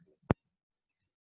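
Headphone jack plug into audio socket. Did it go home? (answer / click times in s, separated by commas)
yes / 0.3 s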